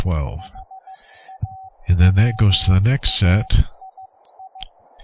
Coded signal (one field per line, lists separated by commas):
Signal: Morse code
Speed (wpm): 15 wpm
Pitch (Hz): 760 Hz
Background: speech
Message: HAWAII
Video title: Morse Code QSO over the internet - software setup - config 3 - VoiceMeeter, Reaper, VST PLUGINS